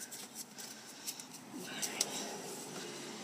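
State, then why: Seated. A plastic electrical sensor connector is pushed onto its sensor on the engine of an HHR during a spark plug change, after the bolts are reinstalled. Faint handling rustles lead to a small tick at 1.2 s, then a sharp, short click at 2.0 s as the connector seats.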